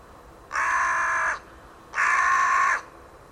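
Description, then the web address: Bird making two long, flat, grating caws of nearly a second each, separated by a brief gap. "cianscape. Deverinetal. Bird Only"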